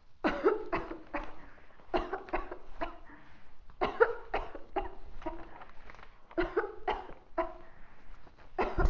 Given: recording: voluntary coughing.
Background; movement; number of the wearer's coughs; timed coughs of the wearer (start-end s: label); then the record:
quiet; walking; 14
0.22-0.67 s: cough
0.70-1.01 s: cough
1.13-1.42 s: cough
1.91-2.20 s: cough
2.31-2.56 s: cough
2.80-3.05 s: cough
3.79-4.24 s: cough
4.32-4.63 s: cough
4.74-4.92 s: cough
5.24-5.36 s: cough
6.36-6.74 s: cough
6.85-7.14 s: cough
7.35-7.70 s: cough
8.56-8.90 s: cough
From the record:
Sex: female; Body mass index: 18.8 kg/m2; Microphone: on the chest, facing outward